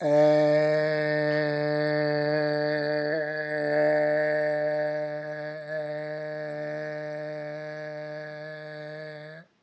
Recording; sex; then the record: sustained vowel /e/; male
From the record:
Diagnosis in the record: healthy control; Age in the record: 70 years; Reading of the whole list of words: 64 s, 3.8 characters per second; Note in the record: marked for poor recording quality or reading difficulty